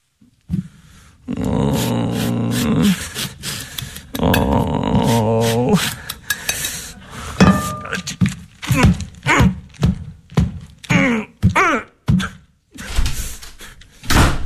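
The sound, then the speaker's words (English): Drugs knocked onto the floor land in a loud scatter of irregular thumps and clatters, following two long, low, tonal groaning sounds at the start, in a radio production of Kenneth Lonergan's play This Is Our Youth by LA Theatre Works. “I knocked the drugs on the floor.”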